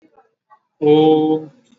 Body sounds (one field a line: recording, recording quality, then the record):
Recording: sustained vowel as in boot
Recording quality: excellent, no background noise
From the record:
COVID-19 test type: RT-PCR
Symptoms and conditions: cough, cold, fever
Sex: male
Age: 31 years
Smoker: no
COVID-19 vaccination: both doses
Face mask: worn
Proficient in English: yes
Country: India